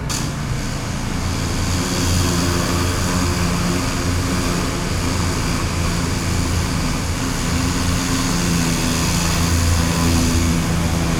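A pressure washer runs steadily for the whole clip, its motor giving off a deep, constant droning hum with a throbbing low pulse. A dense hiss of spraying water sits on top, unchanging in loudness, with no pauses or other events.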